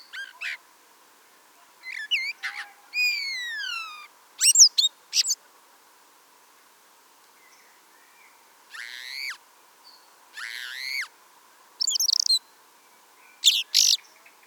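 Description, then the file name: Common blackbird producing scattered high squeaky notes and twittering phrases with swooping slides, some harsher buzzy bursts, separated by quiet gaps. "Turdus merula"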